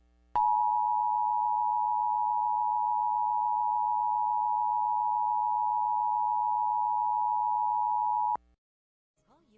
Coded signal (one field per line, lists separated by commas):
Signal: Emergency Alert System (SAME) tones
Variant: 853 and 960 Hz attention tone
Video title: EAS Mock #20: National Periodic Test (August 11, 2021)